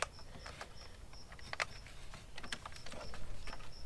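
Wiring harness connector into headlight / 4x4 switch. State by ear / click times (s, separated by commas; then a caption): not seated / none. Wiring harness connectors are handled at the headlight switch and 4x4 switch of a 2014–2018 Silverado, which sit in a plastic SKYMO trim switch panel. Short sharp plastic taps and handling noises are heard around 0.0, 0.6, 1.5, 1.6 and 2.5 seconds over a steady background with a repeating high chirp. Nothing has seated or clicked in yet.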